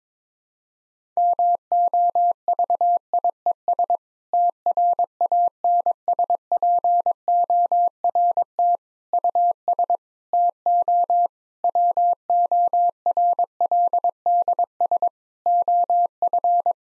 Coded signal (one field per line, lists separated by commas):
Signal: Morse code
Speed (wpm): 22 wpm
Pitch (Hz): 700 Hz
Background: none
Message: MOVIES TRANSPORT US TO WORLDS OF